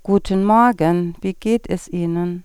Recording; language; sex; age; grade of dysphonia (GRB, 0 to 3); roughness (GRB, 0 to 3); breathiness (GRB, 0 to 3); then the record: spoken sentence; German; female; 40 to 49 years; 0; 0; 0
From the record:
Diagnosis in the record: dysphonia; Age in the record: 47 years